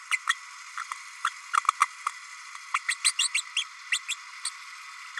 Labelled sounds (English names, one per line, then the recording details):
Green-rumped Parrotlet babbling
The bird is a male
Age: 30 days
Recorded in a nest box in Venezuela
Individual 17B32A6